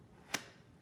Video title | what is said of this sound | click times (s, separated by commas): The Jr. Heli-Skewb - Three Puzzles in One | see that that puzzle as I complete us cube turn it has a satisfying click | 0.3 s